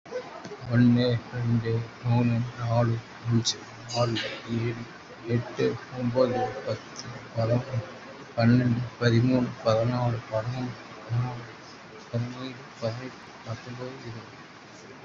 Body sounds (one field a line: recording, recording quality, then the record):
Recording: counting at a normal pace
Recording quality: excellent, no background noise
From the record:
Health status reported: COVID-19 positive, mild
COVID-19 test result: positive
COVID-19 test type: RT-PCR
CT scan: taken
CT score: 5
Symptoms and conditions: cough, cold, sore throat, diabetes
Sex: male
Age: 43 years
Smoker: no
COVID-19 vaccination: one dose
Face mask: not worn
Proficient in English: yes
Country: India